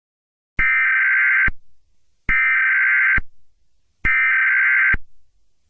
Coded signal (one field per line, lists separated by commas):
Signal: Emergency Alert System (SAME) tones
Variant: header bursts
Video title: EAS Scenario #6: Your death wish came true (Puss In Boots)